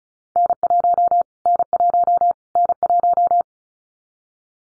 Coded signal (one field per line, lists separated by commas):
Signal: Morse code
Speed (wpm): 36 wpm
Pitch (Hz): 700 Hz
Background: none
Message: N1 N1 N1